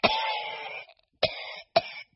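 Three harsh, explosive coughs in about two seconds, the first one longest; an acted adult cough, heard from behind at a supermarket and taken as possibly coming from someone infectious.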